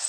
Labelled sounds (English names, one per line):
Orange-crowned Warbler flight call